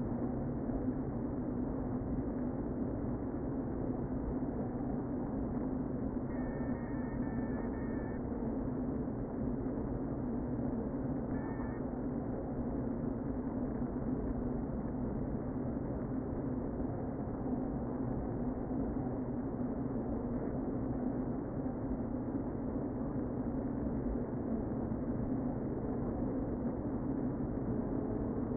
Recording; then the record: honeybee colony, microphone inside the hive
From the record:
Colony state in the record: queen present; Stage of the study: before two queens were removed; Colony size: about 60,000 bees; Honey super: yes